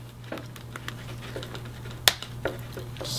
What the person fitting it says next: there we go and you can hear the little click when they all snap into place so you know you're in the right spot